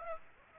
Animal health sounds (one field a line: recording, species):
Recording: mosquito wingbeat signal from an infrared sensor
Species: Aedes aegypti